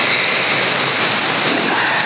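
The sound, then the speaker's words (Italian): A steady, unbroken rush of digital radio signal noise on an amateur radio frequency such as 432.525, a dense hissing static that holds at the same level for about two seconds, with no voices. “Sì, 430-100 è un ponte, 100 segnale digitale, 432-525 lo stesso 100 segnale digitale, sai quel classico quel suono là, no?”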